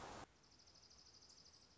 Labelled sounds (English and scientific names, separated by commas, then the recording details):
Dark-eyed Junco (Junco hyemalis)
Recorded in Sonoma County, California